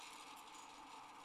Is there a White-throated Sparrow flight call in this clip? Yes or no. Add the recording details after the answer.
no. No flight call is heard. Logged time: 05:41 on 30 November 2014